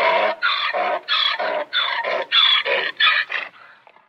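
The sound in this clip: Donkey braying, a harsh harmonic hee-haw of alternating rasping notes repeated in quick succession for about three and a half seconds, then fading out.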